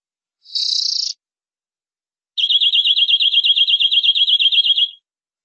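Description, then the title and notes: Canary song: a short buzzy, grating burst, a short pause, then a quick, regular trill of repeated notes lasting about two and a half seconds. "BM Suara Kenari. BM Suara Burung Kenari"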